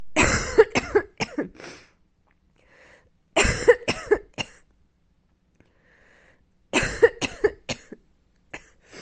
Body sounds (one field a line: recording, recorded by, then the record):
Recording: voluntary cough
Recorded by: messaging app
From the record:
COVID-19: negative